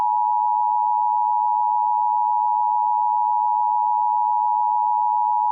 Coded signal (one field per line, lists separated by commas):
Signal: Emergency Alert System (SAME) tones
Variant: 853 and 960 Hz attention tone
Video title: (REQUEST) EAS Mock: New York AMBER Alert REDUX